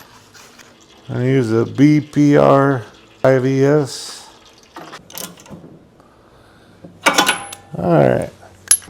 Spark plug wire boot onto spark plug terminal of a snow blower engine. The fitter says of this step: Push it on till it clicks.